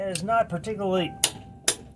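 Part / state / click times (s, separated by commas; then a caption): click-type torque wrench on front axle nut / torque reached / 1.7 s. Someone talks over a click-type torque wrench set to 134 ft lbs on the front axle nut of an 8th-generation 2007 Honda Civic. After the talk, a sharp sound is heard near 1.2 s, then the wrench's second confirming click comes at 1.7 s. It is a good, solid click confirming the nut is torqued.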